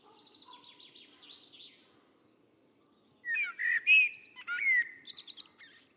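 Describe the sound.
Bird giving soft trilled notes, then loud clear whistled notes rising and falling in quick phrases, over faint low background noise.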